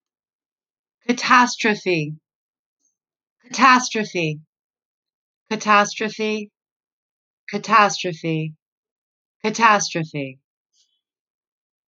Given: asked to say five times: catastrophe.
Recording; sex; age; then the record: repeated word; female; 40 to 49 years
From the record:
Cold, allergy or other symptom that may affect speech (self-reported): no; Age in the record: 43 years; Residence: Connecticut, United States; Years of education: 15